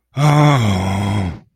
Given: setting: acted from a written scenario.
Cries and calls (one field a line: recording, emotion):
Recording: vocal sound without words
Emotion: disappointment